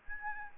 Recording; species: mosquito wingbeat signal from an infrared sensor; Aedes albopictus